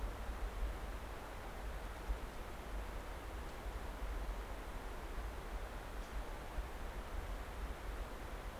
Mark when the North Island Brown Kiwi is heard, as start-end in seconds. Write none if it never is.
none